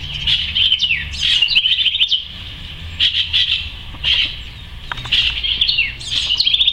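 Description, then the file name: House wren song: rapid bubbly trilled phrases with buzzy notes, repeated in bursts about every second or two, over a low steady rumble. "Canto del Cucarachero (Troglodytes aedon )"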